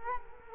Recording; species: mosquito wingbeat signal from an infrared sensor; Culex quinquefasciatus